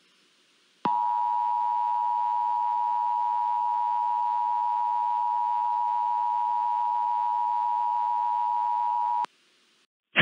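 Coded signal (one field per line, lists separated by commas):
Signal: Emergency Alert System (SAME) tones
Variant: 853 and 960 Hz attention tone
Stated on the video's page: Simulated EAS scenario alert for a La Palma tsunami affecting the North Atlantic; loud.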